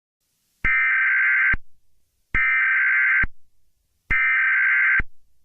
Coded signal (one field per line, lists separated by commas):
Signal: Emergency Alert System (SAME) tones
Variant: header bursts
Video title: EAS Mock: H I J A C K E D